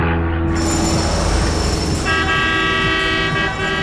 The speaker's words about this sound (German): Straßenbauarbeiten morgens um 6:30, LKW-Getöse ohne erkennbaren Anlass und ohne Rücksicht auf die Uhrzeit, Fluglärm mitten in der Nacht und natürlich das Toben der lieben Hausgenossen.